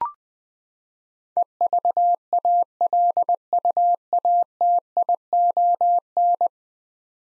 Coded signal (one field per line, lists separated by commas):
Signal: Morse code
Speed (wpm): 20 wpm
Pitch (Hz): 700 Hz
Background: none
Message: EVALUATION